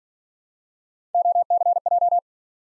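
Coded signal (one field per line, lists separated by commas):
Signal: Morse code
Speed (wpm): 50 wpm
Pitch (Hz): 700 Hz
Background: none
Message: OCJ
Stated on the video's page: Speed-racing Morse practice of three-character letter-number combinations, starting fast and slowing to a 40 wpm base, with a final repeat at maximum speed.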